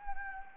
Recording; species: mosquito wingbeat signal from an infrared sensor; Anopheles gambiae